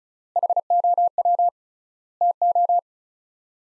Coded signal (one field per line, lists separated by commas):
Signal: Morse code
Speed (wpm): 36 wpm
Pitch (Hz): 700 Hz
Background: none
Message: HOW TO